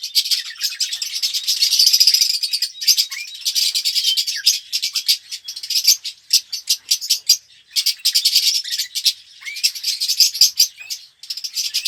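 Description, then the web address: Red-rumped parrot chattering song, rasping twitters in repeated bursts separated by short pauses, with occasional slurred whistles. "pevcii popugai. parrots psephotus-haematonotus"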